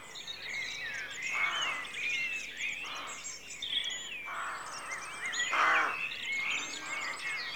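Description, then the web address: Rooks give repeated harsh, hoarse caws under a busy chorus of high chirping and whistling songbirds. Rookery at dawn in a rural setting; outdoor atmosphere. "BBC Sound Effects Library. Rookery Dawn"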